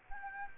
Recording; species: mosquito wingbeat signal from an infrared sensor; Anopheles gambiae